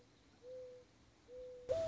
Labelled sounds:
Mourning Dove (Zenaida macroura)

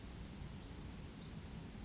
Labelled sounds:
Brown Creeper (Certhia americana)

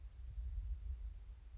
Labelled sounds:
Western Flycatcher (Empidonax difficilis)

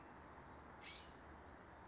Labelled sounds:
California Scrub-Jay (Aphelocoma californica)

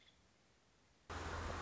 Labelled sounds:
Nuttall's Woodpecker (Dryobates nuttallii)

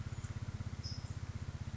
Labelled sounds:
California Towhee (Melozone crissalis)

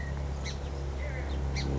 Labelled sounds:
Song Sparrow (Melospiza melodia)

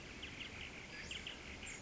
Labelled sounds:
Western Flycatcher (Empidonax difficilis)

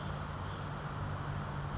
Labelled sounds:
California Towhee (Melozone crissalis)

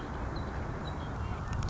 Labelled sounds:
Red-winged Blackbird (Agelaius phoeniceus)

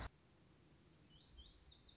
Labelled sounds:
Lazuli Bunting (Passerina amoena)

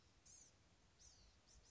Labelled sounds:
Blue-gray Gnatcatcher (Polioptila caerulea)

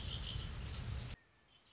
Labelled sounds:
Red-winged Blackbird (Agelaius phoeniceus)

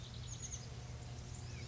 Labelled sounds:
Chestnut-backed Chickadee (Poecile rufescens)

